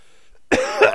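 After a brief quiet pause, one short, harsh, voiced cough burst from an adult man, slightly rough at the end, during a radio morning show.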